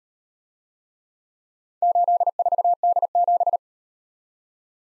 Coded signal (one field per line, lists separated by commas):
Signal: Morse code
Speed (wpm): 38 wpm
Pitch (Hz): 700 Hz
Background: none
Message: 84D7